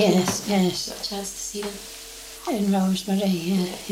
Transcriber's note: none